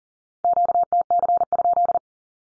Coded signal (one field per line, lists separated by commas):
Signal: Morse code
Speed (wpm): 40 wpm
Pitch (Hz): 700 Hz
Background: none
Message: QTC?